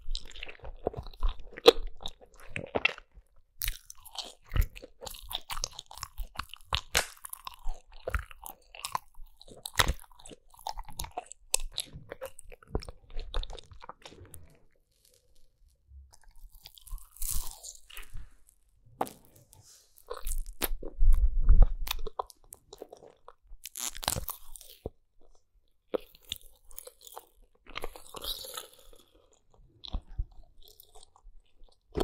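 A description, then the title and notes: Eating sounds: crisp crunches and wet chewing come in quick irregular bursts throughout, with sharp clicks from bites. A heavier, fuller stretch of chomping builds around twenty to twenty-two seconds, with brief quiet pauses between mouthfuls. ASMR EATING SOUNDS 5 ASMR FOODS (No Talking).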